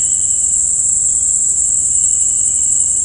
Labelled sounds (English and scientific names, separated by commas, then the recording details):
none
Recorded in dense forest near Puerto Asís, Putumayo, Colombia, on 26 December 2024 at 18:00
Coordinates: 0.481, -76.323
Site G100